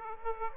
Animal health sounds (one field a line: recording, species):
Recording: mosquito wingbeat signal from an infrared sensor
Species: Aedes aegypti